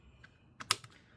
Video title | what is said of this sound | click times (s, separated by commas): Samsung Galaxy A03 Core Cell Phone Cellphone Charge Port Micro USB Headphone Jack Replacement Repair | click that back down. | 0.6 s, 0.7 s